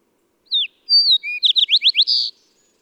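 Songbird singing a brief phrase: slurred descending note, steady high whistle, then a quick string of rising chirps finishing with a harsh buzz.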